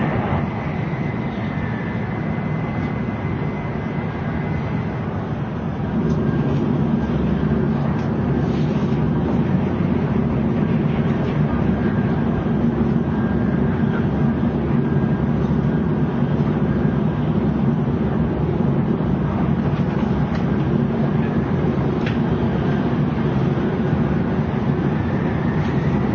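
A steady, dense rumble of a JR N700 series train running between Kyoto and Shin-Yokohama. Around six seconds the low roar thickens and grows louder, then holds even. A thin high whine sounds during the first few seconds, with faint ticks scattered throughout.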